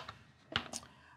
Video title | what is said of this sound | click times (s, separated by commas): Wireless pH Sensor Overview | Personally, I just click it like this and | 0.6 s